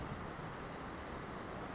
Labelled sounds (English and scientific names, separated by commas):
Blue-gray Gnatcatcher (Polioptila caerulea)